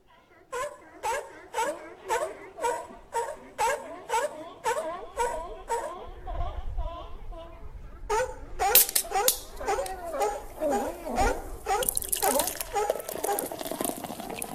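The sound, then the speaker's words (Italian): Seals bark in a steady, rapid series of hoarse, wavering honks, about two per second, then keep calling over splashing, slurping water noise as they drink, which grows louder toward the end. “Anche le foche bevono Radio Wombat.”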